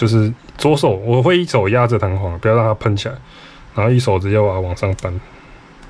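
On the lower frame of a KJ/Marui airsoft Beretta M92F/M9A1 pistol, the trigger spring is held down with the left hand while its end is levered upward by thumb, with no tool, to hook it into place. Someone talks throughout, with only faint handling sounds underneath. Nothing has seated or clicked yet by the end of the clip.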